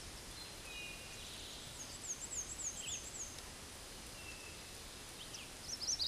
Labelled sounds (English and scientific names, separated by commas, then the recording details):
Black-and-white Warbler (Mniotilta varia) song
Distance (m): 55 m
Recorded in a Pennsylvania forest on 17 May 2023 at 13:25
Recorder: AudioMoth, point grid1_19_low
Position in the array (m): 49 m, 208 m